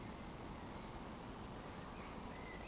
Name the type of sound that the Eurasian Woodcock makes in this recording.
whistle